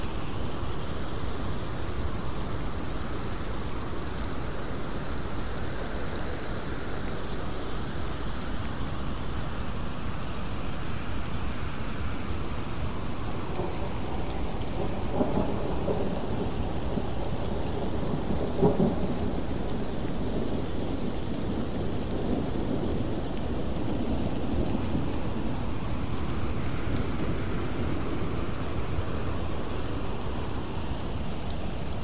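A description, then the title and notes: Steady, dense rain hisses under a low rolling rumble that swells and ebbs, with slightly louder gusts around fifteen and nineteen seconds. Thunderstorm Sounds With Rain White Noise.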